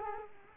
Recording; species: mosquito wingbeat signal from an infrared sensor; Culex quinquefasciatus